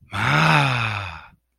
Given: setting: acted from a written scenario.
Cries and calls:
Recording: vocal sound without words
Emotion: pride

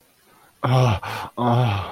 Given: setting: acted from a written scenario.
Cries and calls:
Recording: vocal sound without words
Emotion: ecstasy

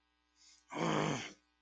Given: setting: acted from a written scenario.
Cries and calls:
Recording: vocal sound without words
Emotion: anger

